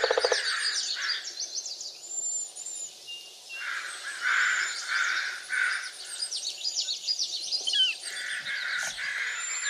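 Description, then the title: Birds chirping and twittering high over a steady rushing background noise, with a few brief sharp notes standing out. Backyard. "Backyard Birds - Ambient Nature Bird Sounds"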